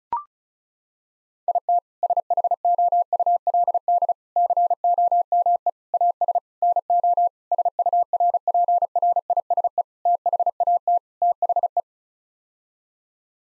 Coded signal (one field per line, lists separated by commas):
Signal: Morse code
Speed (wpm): 34 wpm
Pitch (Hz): 700 Hz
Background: none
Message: IT SHOULD COME AS NO SURPRISE THAT THE